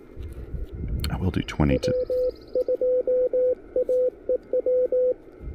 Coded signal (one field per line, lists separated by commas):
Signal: Morse code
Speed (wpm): 20 wpm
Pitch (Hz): 500 Hz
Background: speech, radio noise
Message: W2AEW